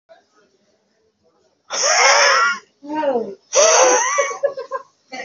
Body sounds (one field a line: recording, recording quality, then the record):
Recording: sustained vowel as in beet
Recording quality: poor, much background noise or distortion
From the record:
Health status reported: recovered from COVID-19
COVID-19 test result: positive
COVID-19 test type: RT-PCR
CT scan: not taken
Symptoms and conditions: cough, cold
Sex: male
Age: 40 years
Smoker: no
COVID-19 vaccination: both doses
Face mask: worn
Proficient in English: yes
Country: India